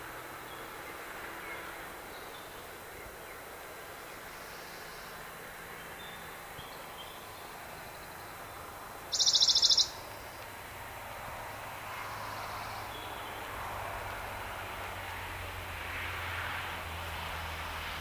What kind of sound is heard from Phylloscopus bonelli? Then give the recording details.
song. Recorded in the wild. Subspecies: bonelli. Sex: male. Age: adult. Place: Eningen, am Albaufstieg, Schwäbische Alb, Baden-Württemberg, DE. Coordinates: 48.4942, 9.27528. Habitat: forest. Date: 1971-05-27. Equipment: Nagra III PH, MD 211. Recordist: Schneider, Hans-Joachim. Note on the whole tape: Phylloscopus bonelli bonelli. Gewöhnliche Gesänge verschiedener Männchen. Sonagramm